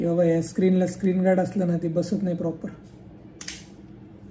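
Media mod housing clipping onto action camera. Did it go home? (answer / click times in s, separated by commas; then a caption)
yes / 3.4 s, 3.5 s. Someone talks for the first two and a half seconds, then a plastic media mod housing is pushed onto an action camera. Its clip snaps shut with two sharp clicks at 3.4 and 3.5 seconds, and the housing is seated.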